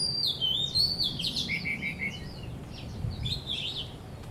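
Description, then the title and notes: Birdsong starting loud with a long falling whistle and rapid warbling notes, then softer twittering phrases later over low background rumble. Birds singing vigorously at Wu Kai Sha, Hong Kong, on 15 December 2006; recorded with AKG condenser microphones in XY stereo. "香港 烏溪沙 雀鳥勁唱歌 Date: 15 December 2006"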